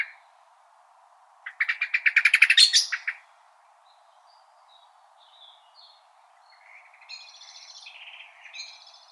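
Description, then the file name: Common blackbird calling: a loud, rapid chattering rattle of notes that rises in pitch, followed by softer high twittering. "Turdus merula"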